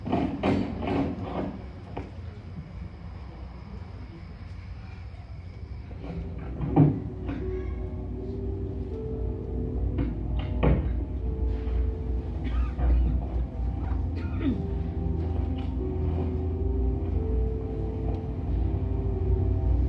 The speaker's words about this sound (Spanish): Bueno, este maleducado nos tiró la puerta en la cara. Quiere decir que no está de buenas pulgas.